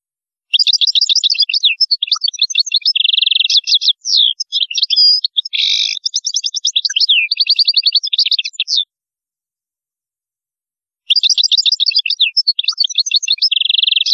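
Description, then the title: European goldfinch song, a long fast run of tinkling, twittering and buzzy notes high in pitch, pausing about two seconds before another burst begins. "Chant Chardonneret"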